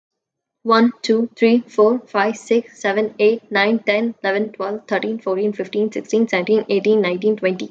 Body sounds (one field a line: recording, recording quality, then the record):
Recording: counting at a fast pace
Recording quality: excellent, no background noise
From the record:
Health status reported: healthy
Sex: female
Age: 21 years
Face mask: not worn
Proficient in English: yes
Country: India